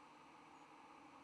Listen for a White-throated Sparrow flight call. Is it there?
no